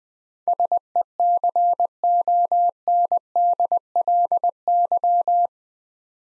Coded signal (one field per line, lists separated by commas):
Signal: Morse code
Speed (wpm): 21 wpm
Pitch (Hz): 700 Hz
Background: none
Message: SECONDLY